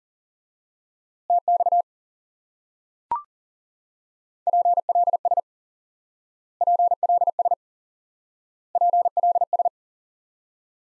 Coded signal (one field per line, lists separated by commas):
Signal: Morse code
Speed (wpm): 40 wpm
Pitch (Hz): 700 Hz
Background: none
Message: TX PLS PLS PLS